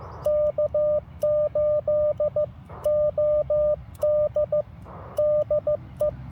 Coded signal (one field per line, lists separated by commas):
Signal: Morse code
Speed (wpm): 15 wpm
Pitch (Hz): 590 Hz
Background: radio noise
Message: K8OD DE